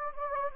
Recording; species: mosquito wingbeat signal from an infrared sensor; Anopheles gambiae